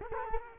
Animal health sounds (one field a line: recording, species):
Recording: mosquito wingbeat signal from an infrared sensor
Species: Culex quinquefasciatus